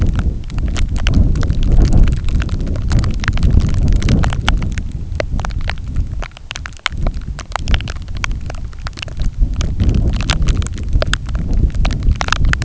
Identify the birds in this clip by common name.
none